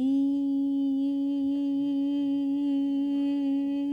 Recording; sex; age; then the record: sustained vowel /i/; female; 60 to 69 years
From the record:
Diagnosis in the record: healthy control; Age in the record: 64 years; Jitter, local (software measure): 0.43%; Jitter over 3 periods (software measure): 0.27%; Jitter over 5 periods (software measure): 0.28%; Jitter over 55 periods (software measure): 0.52%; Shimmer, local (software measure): 1.9%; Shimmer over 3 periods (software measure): 1.0%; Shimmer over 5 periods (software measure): 1.2%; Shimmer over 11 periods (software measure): 1.3%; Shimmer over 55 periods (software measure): 3.9%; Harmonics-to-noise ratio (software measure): 24.0 dB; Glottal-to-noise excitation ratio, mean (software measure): 0.93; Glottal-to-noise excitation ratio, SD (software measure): 0.023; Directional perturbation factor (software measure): 72.3%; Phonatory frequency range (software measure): 0.31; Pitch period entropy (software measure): 0.94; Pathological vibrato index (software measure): 0.23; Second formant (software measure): 2989 Hz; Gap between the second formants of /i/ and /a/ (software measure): 1333 Hz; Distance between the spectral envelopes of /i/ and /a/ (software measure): 10.1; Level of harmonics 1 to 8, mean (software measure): -4.5, -27.0, -34.1, -55.8, -73.2, -62.7, -54.0, -62.7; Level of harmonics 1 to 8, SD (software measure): 1.0, 2.1, 1.9, 3.6, 6.9, 8.6, 7.9, 11.1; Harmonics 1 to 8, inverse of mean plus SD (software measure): 0.180, 0.034, 0.028, 0.017, 0.012, 0.014, 0.016, 0.014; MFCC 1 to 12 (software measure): 0.6, 11.6, -18.3, -12.9, -7.0, -15.2, -16.6, -21.1, 1.2, -6.1, 8.2, 7.5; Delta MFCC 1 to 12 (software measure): -0.020, -0.005, 0.014, -0.037, 0.013, -0.012, -0.004, 0.019, 0.019, 0.016, 0.014, 0.023